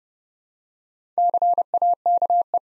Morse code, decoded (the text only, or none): CAKE